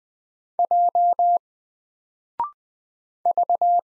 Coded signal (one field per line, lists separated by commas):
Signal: Morse code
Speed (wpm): 20 wpm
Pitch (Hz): 700 Hz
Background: none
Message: J V